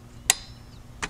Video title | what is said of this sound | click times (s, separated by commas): Porsche 911 (996) Turbo Oil Change DIY! | There's the click. | 0.3 s